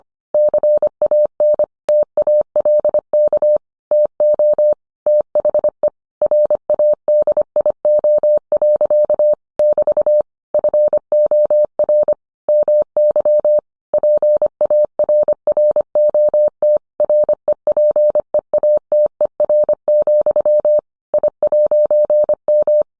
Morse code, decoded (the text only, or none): CAN TALK TO THE RADIO. <BT> FOR MY PARROT REPEATER, I'M